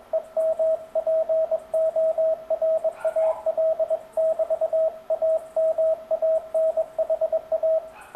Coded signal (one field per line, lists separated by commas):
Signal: Morse code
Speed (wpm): 22 wpm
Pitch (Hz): 660 Hz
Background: radio noise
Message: EMPORAL <BT> AMANHA